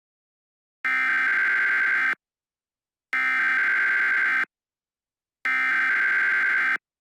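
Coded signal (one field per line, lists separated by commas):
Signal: Emergency Alert System (SAME) tones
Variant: header bursts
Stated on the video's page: EAS scenario mock, not a real alert.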